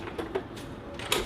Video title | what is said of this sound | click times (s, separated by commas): Electric stretchers comparison: Stryker, Kartsana, Ferno | Krijg je erin, op het moment dat je nu hoor je klik, zal voor heel veel mensen het idee zijn dat hij op een goede manier vergrendeld zit. | 1.1 s